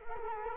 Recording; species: mosquito wingbeat signal from an infrared sensor; Culex quinquefasciatus